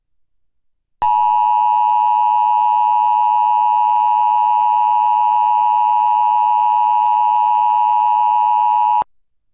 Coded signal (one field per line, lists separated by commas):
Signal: Emergency Alert System (SAME) tones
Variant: 853 and 960 Hz attention tone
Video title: EAS #547: EAS Required Weekly Test- Aug. 24, 2021- 11:58AM PDT